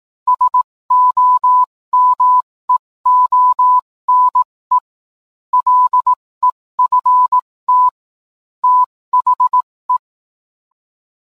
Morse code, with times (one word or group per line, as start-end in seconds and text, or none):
0.3-4.8 SOMEONE
5.5-7.9 LEFT
8.6-10.0 THE